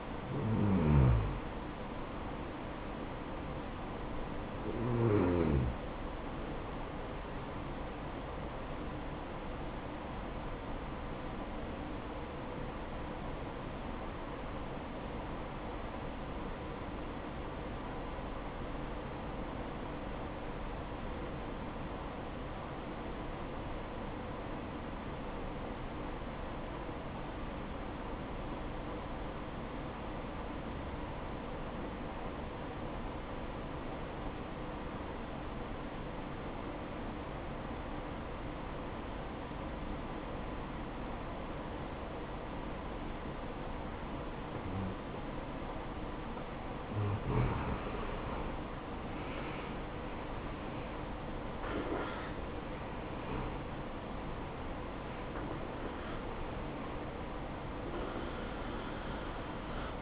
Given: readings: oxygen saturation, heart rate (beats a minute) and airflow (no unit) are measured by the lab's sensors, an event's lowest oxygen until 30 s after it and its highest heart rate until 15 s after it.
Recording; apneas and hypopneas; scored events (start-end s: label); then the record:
breathing in sleep by a voice recorder at the bedside; 1
12.00-47.50 s: obstructive apnea (N2, oxygen 96% highest, then 84% lowest, heart rate 62 at the start, 69 highest)
From the record:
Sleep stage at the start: N2 (light sleep); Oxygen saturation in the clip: 85 to 96%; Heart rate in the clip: 59 to 69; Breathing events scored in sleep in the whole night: 573 in 9.8 hours asleep